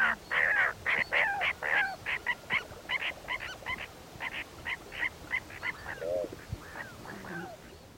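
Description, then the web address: Sand-colored nighthawk calls: a rapid, irregular series of short, nasal notes, fading toward the end. Recorded in the eastern lowlands of South America. "ENTER Music and Audio. Nature Songs S America Eastern Lowlands. Sand-colored Nightjar"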